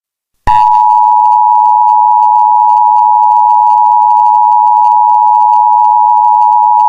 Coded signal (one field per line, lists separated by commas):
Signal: Emergency Alert System (SAME) tones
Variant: 853 and 960 Hz attention tone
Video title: An EAS Scenario Story- Not What I Wanted #eas scenario #eas 2023 #eas scenario end of the world